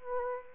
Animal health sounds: mosquito wingbeat signal from an infrared sensor; Anopheles arabiensis

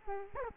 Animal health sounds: mosquito wingbeat signal from an infrared sensor; Culex quinquefasciatus

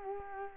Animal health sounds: mosquito wingbeat signal from an infrared sensor; Culex quinquefasciatus

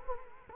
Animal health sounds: mosquito wingbeat signal from an infrared sensor; Culex quinquefasciatus

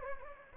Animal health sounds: mosquito wingbeat signal from an infrared sensor; Anopheles gambiae

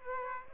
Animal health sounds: mosquito wingbeat signal from an infrared sensor; Aedes aegypti

